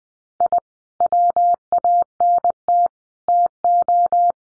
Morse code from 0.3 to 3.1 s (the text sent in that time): I WANT